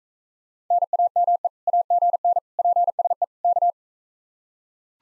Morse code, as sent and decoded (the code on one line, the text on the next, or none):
-. .- -- . / .- --. -. / .--. ... . / -.-
NAME AGN PSE K